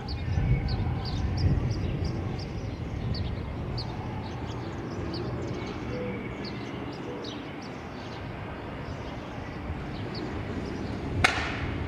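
Outdoor ambience on a Brooklyn roof: a steady low rumble of city traffic fills the whole recording. Short high chirps repeat throughout, and a sharp knock sounds near the end, around eleven seconds.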